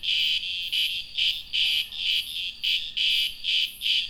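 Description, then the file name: Cicada buzz in distinct pulsing bursts, each a harsh, high, rasping throb. "cigarras"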